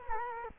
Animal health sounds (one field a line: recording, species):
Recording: mosquito wingbeat signal from an infrared sensor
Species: Culex quinquefasciatus